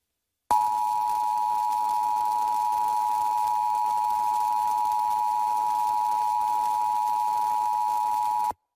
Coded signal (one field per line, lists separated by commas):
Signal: Emergency Alert System (SAME) tones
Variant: 853 and 960 Hz attention tone